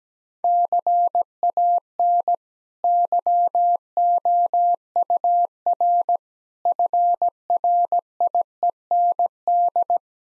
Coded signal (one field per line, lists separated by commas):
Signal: Morse code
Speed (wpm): 17 wpm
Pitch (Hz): 700 Hz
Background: none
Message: CAN YOUR FRIEND